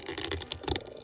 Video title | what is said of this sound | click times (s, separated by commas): Cosmic Legions - Kalian Shunn Action Figure Review - Four Horsemen Studios | A nice little click there, you could feel it. | 0.7 s